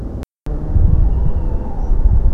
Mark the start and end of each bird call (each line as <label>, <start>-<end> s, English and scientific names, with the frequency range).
European Pied Flycatcher (Ficedula hypoleuca) (4.8-6.5 kHz), 1.80-1.95 s